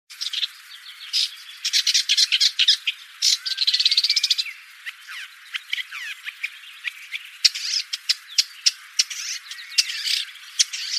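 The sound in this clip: Bird chirps, quick sharp notes in rapid runs and a brief rattling trill, then scattered single chirps.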